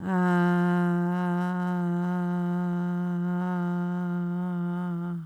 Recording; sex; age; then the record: sustained vowel /a/; female; 40 to 49 years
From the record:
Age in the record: 47 years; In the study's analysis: included